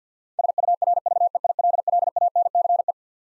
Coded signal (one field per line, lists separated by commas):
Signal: Morse code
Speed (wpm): 50 wpm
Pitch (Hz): 700 Hz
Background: none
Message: SURVEILLANCE